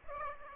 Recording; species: mosquito wingbeat signal from an infrared sensor; Aedes aegypti